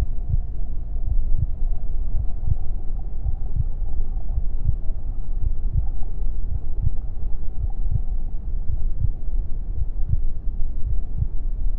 Heartbeat Sound | A Mother's Womb. The gentle thumping of my mother's heartbeat serves as the main focus, a steady rhythm that reverberates through the fluid-filled space. Accompanying the heartbeat is the gentle rise and fall of my mother's breath. The sounds of my mother's digestive system, a gentle gurgling, and rumbling.